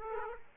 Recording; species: mosquito wingbeat signal from an infrared sensor; Aedes aegypti